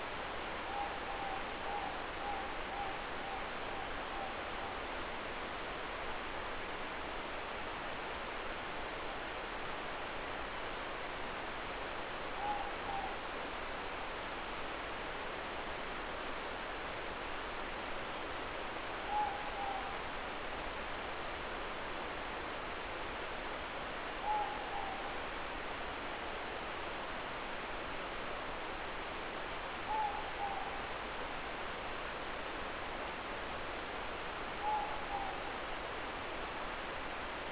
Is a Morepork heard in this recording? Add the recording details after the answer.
yes. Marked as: faintness 3/5. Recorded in New Zealand. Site Eglinton